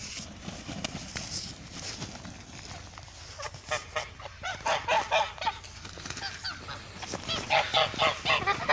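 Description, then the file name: Goose: geese giving quiet nasal honks in short rhythmic runs against a steady noisy background with clicks and rustling. "Odglosy zwierzat gesi"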